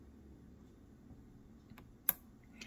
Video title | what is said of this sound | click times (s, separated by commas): Atlas GP40 from Lemons to Lemonade Part2. A Running DCC Chassis Using Parts from 2 Bad Locomotives. | There, it just snaps in place. | 2.1 s